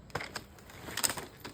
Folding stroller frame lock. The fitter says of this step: So that's it. Once na nag-snap na po siya, nag-color green na siya rito sa gilid, naka-lock na po siya.